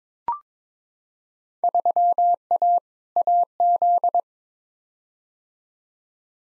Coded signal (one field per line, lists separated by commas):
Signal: Morse code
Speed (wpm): 22 wpm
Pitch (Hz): 700 Hz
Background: none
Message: 3A AZ